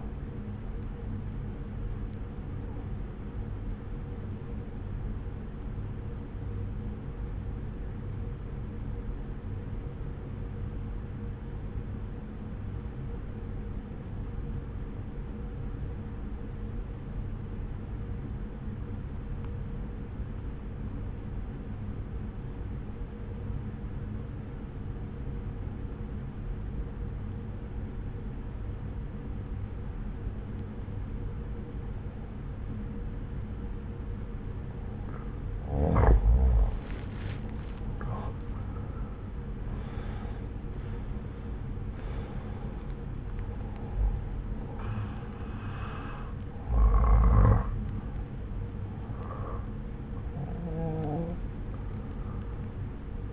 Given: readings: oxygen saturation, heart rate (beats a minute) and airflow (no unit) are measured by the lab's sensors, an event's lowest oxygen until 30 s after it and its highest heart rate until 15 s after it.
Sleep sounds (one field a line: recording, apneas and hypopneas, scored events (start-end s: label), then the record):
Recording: breathing in sleep by a smartphone at the bedside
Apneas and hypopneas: 1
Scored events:
6.00-37.40 s: obstructive apnea (N1, oxygen 95% highest, then 84% lowest)
23.00-53.33 s: new sleep stage, N2 (light sleep)
From the record:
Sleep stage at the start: N1 (lightest sleep)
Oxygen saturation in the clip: 85 to 95%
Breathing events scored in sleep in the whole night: 303 in 8.1 hours asleep